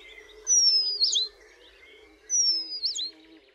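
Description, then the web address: Eurasian penduline tit giving two thin, high, drawn-out descending whistles about two seconds apart, over a steady low hum. "Ptaki Remiz"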